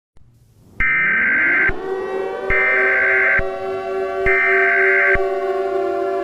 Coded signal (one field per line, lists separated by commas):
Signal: Emergency Alert System (SAME) tones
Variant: header bursts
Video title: EAS Scenario: Earth’s Last Stand (100 SUBSCRIBER SPECIAL!!!)